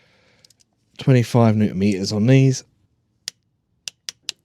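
Someone talks while oil filter housing and oil cooler bolts on a Mini R53 engine block are tightened to 25 Nm with a click-type torque wrench. Faint ticks come early, then sharp metallic hits at about 3.3, 3.9 and 4.1 seconds. The wrench breaks over with a clear click at 4.3 seconds, confirming the bolt has reached its torque setting.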